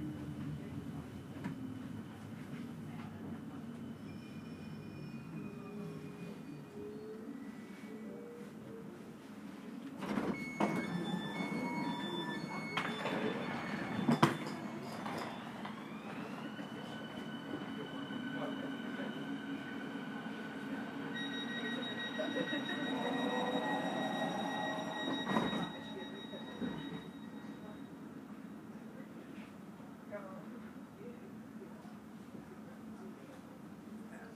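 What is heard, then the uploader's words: An S-Bahn train runs with a steady low rumble throughout, with faint speech now and then. Thin tonal whines rise and fall, likely braking or motor tones, and sharp clanks strike around 10, 14 and 25 seconds. Relaxing Circuit on Berlin's Ringbahn. Authentic audio recording of this unique S-Bahn trip. The gentle rhythm of the train and the subtle sounds of the city.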